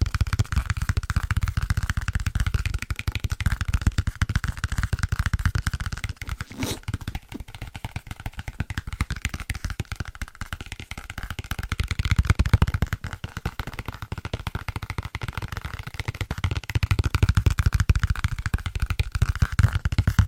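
Fast, dense tapping on book spines runs continuously for the whole stretch, crisp clicks over a soft low thud, with one sharper knock near seven seconds.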